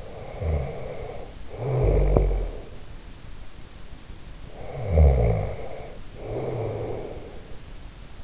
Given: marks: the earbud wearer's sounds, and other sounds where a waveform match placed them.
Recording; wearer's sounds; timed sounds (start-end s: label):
sounds in sleep by an in-ear microphone; snoring breath
0.00-2.62 s: snoring breath
4.45-7.48 s: snoring breath